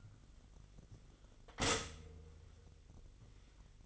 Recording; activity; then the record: daily activity, microphone in the room; stop toaster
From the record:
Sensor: 4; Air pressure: 1002.9 hPa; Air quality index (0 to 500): 234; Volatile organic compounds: 16 ppm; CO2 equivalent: 2543 ppm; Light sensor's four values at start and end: 21/74/27/27 and 21/70/26/26